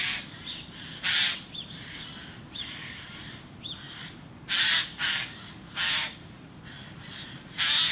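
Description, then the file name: Eurasian jay uttering loud raspy screeches in an irregular series, with softer harsh calls in between, against background noise. "Garrulus glandarius"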